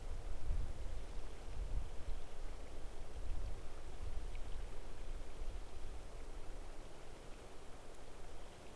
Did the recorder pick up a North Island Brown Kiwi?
no